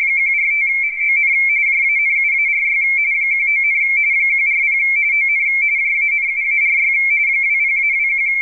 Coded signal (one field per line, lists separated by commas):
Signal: RTTY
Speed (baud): 45.45 baud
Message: 145 ON JANUARY 19, 140 ON JANUARY 20-21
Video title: Radioteletype Spectral Images